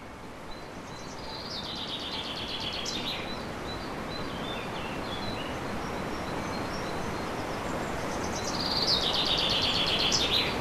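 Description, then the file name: Common chaffinch song: two bright, descending trilled phrases ending in a flourish, one early and one near the end, over constant strong wind noise. Recorded in wind on 7 May 2011 with an MZ-N710 recorder. "vent et pinson 7 05 11"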